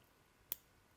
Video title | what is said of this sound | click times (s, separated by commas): Hot Toys Lando Calrissian Star Wars Figure Unboxing - Sideshow First Look | Fold that back in and it locks in place. | 0.5 s